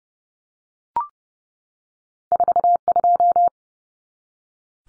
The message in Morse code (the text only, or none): 42